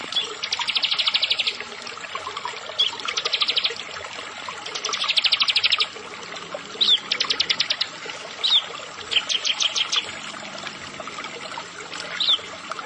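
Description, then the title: Prinia singing rapid, high rattling trills about a second long, repeated several times, followed by looser series of sharp chips. "Ciblek Sawah"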